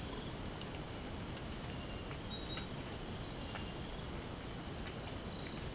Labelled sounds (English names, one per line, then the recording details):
none
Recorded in secondary vegetation near Puerto Asís, Putumayo, Colombia, on 24 March 2025 at 05:30
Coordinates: 0.488, -76.319
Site G095